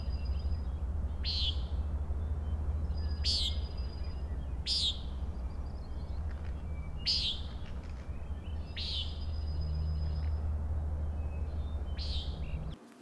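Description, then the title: Common nighthawk peents, six harsh buzzy notes at irregular intervals, with faint high thin tones and a constant low background hum. Three birds flying very closely as if in formation or chasing, Schoodic Head overlook, Acadia National Park, Winter Harbor, Maine, June 16 2017, 3:56 am, 46 degrees, partly cloudy; Fostex FR2, omni mic; trimmed and normalized. "Common Nighthawks Rattling & Peenting"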